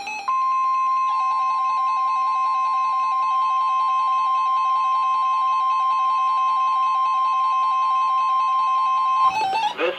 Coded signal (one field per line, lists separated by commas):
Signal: Emergency Alert System (SAME) tones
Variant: 1050 Hz attention tone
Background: music